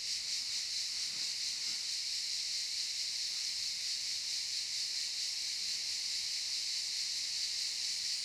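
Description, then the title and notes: Cicada song as a sustained high buzz with quick pulsations. Cicadas in the pine forest of a campsite at Albinia, Grosseto, Tuscany, Italy. "Camping Africa, Via Aurelia, Albinia, Grosseto, Toscana, 58015, Italia - Cicale nel campeggio. Cicale nella pineta del campeggio. Cicadas in the pine forest of the campsite"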